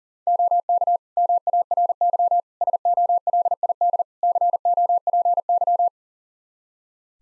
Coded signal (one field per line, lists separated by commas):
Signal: Morse code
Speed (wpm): 37 wpm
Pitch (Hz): 700 Hz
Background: none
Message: OK MARY SOLID COPY